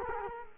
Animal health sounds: mosquito wingbeat signal from an infrared sensor; Culex quinquefasciatus

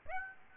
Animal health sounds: mosquito wingbeat signal from an infrared sensor; Aedes aegypti

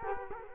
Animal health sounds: mosquito wingbeat signal from an infrared sensor; Culex quinquefasciatus

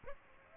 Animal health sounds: mosquito wingbeat signal from an infrared sensor; Aedes aegypti

